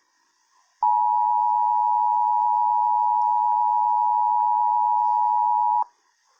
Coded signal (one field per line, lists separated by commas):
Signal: Emergency Alert System (SAME) tones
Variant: 853 and 960 Hz attention tone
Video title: EAS 329 Southern NV RMT